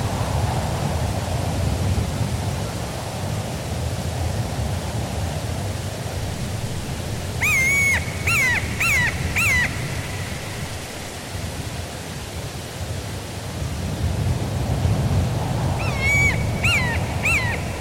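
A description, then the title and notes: A steady breeze rushes through forest trees, a dense low roar that swells and eases over the clip. Around eight seconds a bird of prey gives a run of four or five sharp, ringing calls, and a similar burst returns near sixteen seconds. Forest Ambience with Birds of Prey. A cool breeze rustles the trees of the forest. Calls of a variety of birds of prey echo through the woods, including a red-tailed hawk and a tawny owl, among others.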